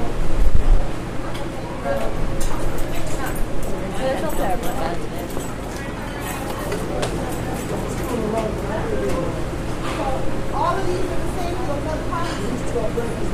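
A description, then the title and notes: A busy dining hall at brunch, filled with a dense, steady murmur of overlapping conversation from many people. Clinks of dishes and cutlery sound here and there, with a louder clatter near the start, over a constant low hum from the room. Frank Dining Hall Brunch at Pomona. Frank Dining Hall, on the campus of Pomona College, at Sunday brunch around noon. Specifically, the recording site was the wall of the room in which the food is served that is located by the door to the meeting room near the pizza and dessert serving areas.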